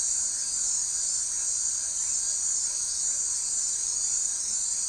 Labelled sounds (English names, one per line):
none